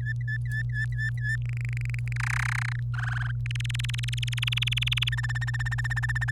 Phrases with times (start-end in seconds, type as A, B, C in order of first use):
0.00-1.36 A, 1.42-2.13 B, 2.16-2.80 C, 2.94-3.31 D, 3.46-5.09 E, 5.12-6.31 F